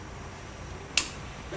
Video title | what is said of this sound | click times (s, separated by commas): etrailer - Let’s Check Out the Durabilt Cargo Bar | and it locks into place like that and it's nice and sturdy | 1.0 s